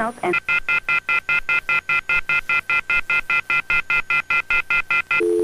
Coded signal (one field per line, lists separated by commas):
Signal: telephone call progress tone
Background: speech, music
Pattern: off-hook warning tone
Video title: The Emergency Alert System: 20 Years, 20 Activations